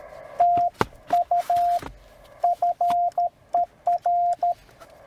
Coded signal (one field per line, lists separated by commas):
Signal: Morse code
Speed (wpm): 13 wpm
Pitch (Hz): 700 Hz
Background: none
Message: TU FER